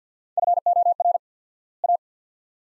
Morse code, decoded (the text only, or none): FOR A